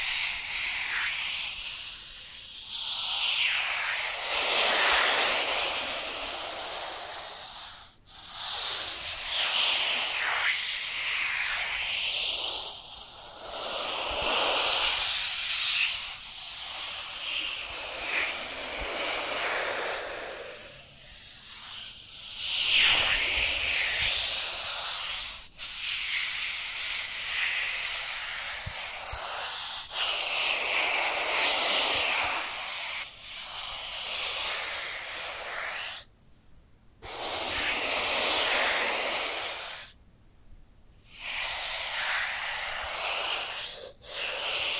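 Dry hands rub together in repeated bright, hissing swishes, each stroke swelling and fading every two to three seconds. The rasping is dense and steady for most of the stretch, broken by brief silences around 36 and 39 seconds.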